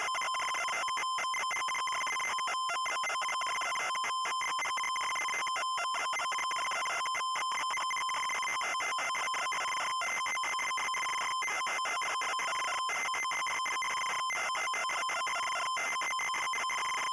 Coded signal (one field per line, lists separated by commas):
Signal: ZX Spectrum tape loading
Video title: Gandalf (The Lord Of The Rings) - Loading screen (ZX Spectrum)